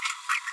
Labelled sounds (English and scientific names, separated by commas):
Green-rumped Parrotlet (Forpus passerinus) babbling